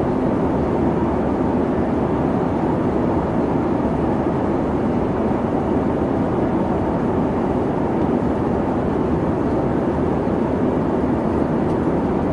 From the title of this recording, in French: les sons à bord d'un avion (bruit blanc)